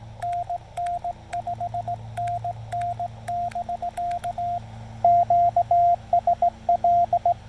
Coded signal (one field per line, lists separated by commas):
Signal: Morse code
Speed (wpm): 18 wpm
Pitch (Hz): 700 Hz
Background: radio noise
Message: NN 5NN <BK> QSL